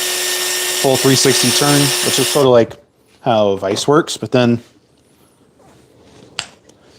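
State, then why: Seated. Someone talks while a thumb insert slug is pushed into the locking sleeve of a Black Widow 2.0 bowling ball and given a full 360° turn until it locks. After a quiet pause, a single sharp, positive click at 6.4 s shows the slug has seated, followed by a faint tick just after.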